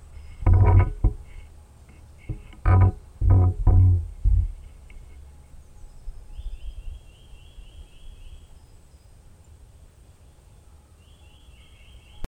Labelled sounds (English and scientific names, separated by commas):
Short-toed Treecreeper (Certhia brachydactyla) call